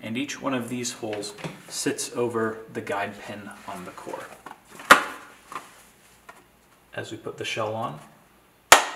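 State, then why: Seated. Someone talks as the rear plastic shell of a robot is pressed onto the robot core, its mounting holes fitting over the guide pins. A few light knocks are followed by a sharp, loud click at 8.7 s as the shell snaps over a guide pin and seats.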